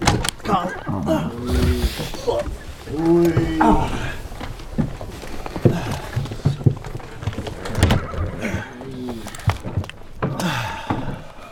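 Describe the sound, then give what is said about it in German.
Horses snort and whinny as they start off at a trot pulling a carriage, hooves clip-clopping, with sharp cracking snaps of a whip lashed on the horses' backs among the hoofbeats. Moderately loud, busy movement throughout. “Harsch knallend, klatschend, schnalzend, schneidend auf dem eingeschürten Rücken zerplatzend, gibt Bart den Pferden die Peitsche. Schnaubend traben die Gäule an und schlagartig erhebt sich der Wagen,”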